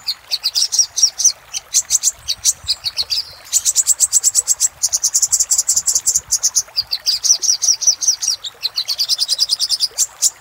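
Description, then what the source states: Little spiderhunter song of hurried, piercing repeated notes in long continuous runs, rising and falling slightly in pitch between bursts. Master recording for training cage birds; labelled Labaik.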